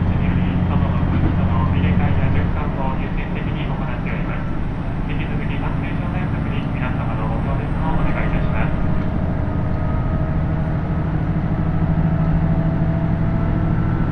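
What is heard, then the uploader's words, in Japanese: Riding aboard a KiHa 75 diesel railcar on the Takayama Line, a dense, steady low rumble and engine drone fill the whole clip. Voices chatter intermittently over it in the first half, and a thin whining tone emerges toward the end. 高山本線 岐阜→美濃太田（キハ75）。車両はキハ75系で快速みえ号にも使われています。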